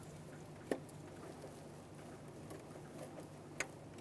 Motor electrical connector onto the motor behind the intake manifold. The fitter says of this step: there we go I felt it click so